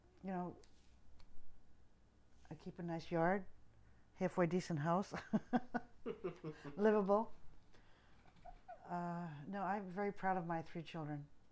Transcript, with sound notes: you know, I keep a nice yard, halfway decent house. ( they laugh ) Livable. Uh, no, I'm very proud of my three children.